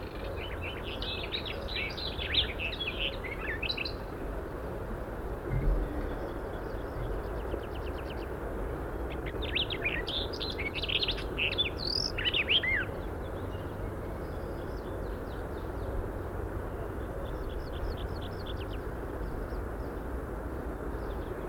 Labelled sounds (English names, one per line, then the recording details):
Barred Warbler
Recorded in the wild
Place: Schaabe, Insel Rügen, Mecklenburg-Vorpommern, DE
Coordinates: 54.578, 13.391
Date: 1970-05-17
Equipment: Nagra III BH, Sennheiser MD 21, parabola
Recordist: Schubert, Michael
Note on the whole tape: Sperbergrasmücke, erst einfacher Ges., dann Singflug mit Flügelschlagen, dann schnarrender Ruf, als Stare neben ihr einfallen. Ein Kuckuck kommt, wird angewarnt, er landet und faucht